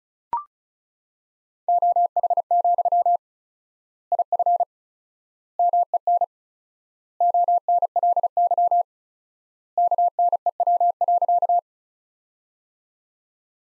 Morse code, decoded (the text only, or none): OH, IF MEN ONLY KNEW.